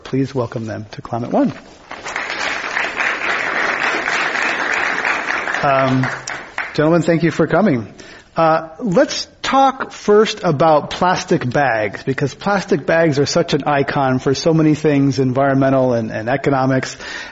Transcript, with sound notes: Please welcome them to Climate One.
[Applause]
Gentlemen, thank you for coming. Let's talk first about plastic bags, because plastic bags are such an icon for so many things environmental and economics.